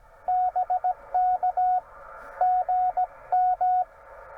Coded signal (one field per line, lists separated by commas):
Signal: Morse code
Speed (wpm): 16 wpm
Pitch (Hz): 690 Hz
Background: none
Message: BK GM